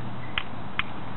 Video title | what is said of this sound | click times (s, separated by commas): HFC M166 cycle rate test | Safety clicks into place really nicely. | 0.4 s, 0.8 s